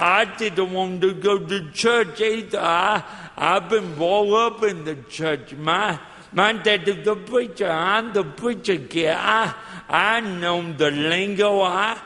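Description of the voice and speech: An adult man preaches in a raised, strongly voiced pitch with drawn-out vowels, a nasal tone, a repeated word and blurred consonants. This fits dysarthria from cerebral palsy present since birth, caused by lack of oxygen to the brain when he did not breathe for 18 minutes at birth. It affects his walking and talking. His speech is hard to follow at first, but becomes easier after a few minutes.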